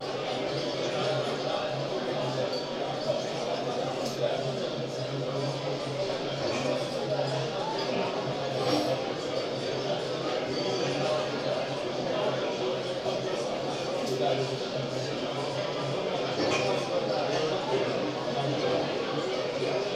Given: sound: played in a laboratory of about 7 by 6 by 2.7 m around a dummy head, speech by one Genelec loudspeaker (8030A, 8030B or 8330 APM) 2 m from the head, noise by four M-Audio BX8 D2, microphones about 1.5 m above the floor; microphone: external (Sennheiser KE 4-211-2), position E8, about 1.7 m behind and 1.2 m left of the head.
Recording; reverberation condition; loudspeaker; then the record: cafeteria noise; medium; four, about 170 cm from the corners of the room and facing them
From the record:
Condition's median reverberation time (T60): about 510 ms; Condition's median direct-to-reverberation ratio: about -0.5 dB